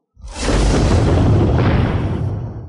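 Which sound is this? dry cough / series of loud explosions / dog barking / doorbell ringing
series of loud explosions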